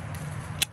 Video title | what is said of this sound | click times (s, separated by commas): Truck Camping / Overlanding / Off-Road Setup Walkaround and Gear Setup | and it pops in place you gotta do it four times and | 0.6 s